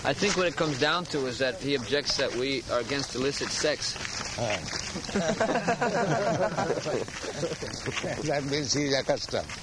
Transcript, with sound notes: I think what it comes down to is that he objects that we are against illicit sex.
Oh. [laughter] That means he is accustomed.